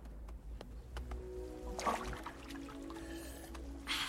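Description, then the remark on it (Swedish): Water splashes and pours in short bursts, with a fuller gush midway and another at the end, over a low steady hum and scattered small clicks. “Vatten!”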